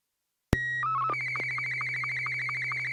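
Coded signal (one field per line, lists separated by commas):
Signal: SSTV (slow-scan television)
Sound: click, steady high tone, brief warbling code, then rapid chirping whine with regular ticks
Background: low steady hum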